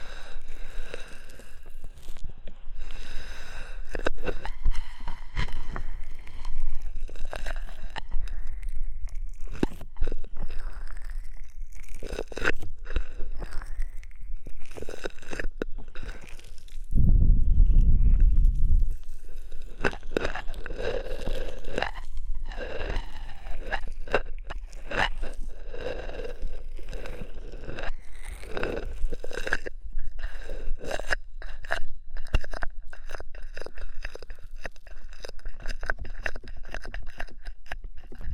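An ear massage with oil and foam, full of close crackling, squishing and rubbing sounds that come in dense, irregular bursts throughout. Around seventeen to nineteen seconds a heavier, muffled low rumble takes over briefly before the bright crackles return.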